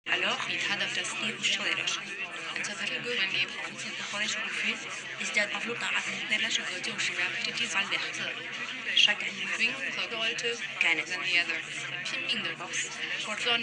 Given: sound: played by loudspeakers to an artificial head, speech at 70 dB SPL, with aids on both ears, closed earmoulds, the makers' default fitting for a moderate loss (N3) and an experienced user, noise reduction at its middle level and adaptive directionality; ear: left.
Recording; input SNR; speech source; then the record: speech test signal (ISTS) in cocktail-party noise; 0 dB; in front (0 degrees)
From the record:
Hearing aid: class 2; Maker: G